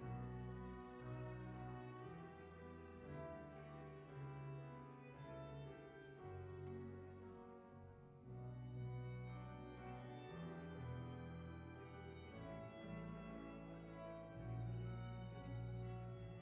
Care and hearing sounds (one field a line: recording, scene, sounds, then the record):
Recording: everyday scene through a hearing-aid microphone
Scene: reverberant space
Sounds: music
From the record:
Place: church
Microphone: behind the ear, right, rear